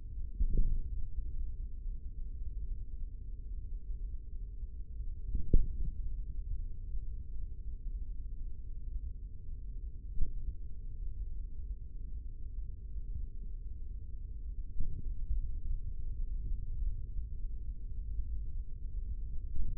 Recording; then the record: forearm muscle sounds (acoustic myography)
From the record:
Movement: tripod grip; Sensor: system 3, bracelet of six PUI Audio POM-2738L microphones around the upper forearm, with dedicated amplification and filtering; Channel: 5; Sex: male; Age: 55 years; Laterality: right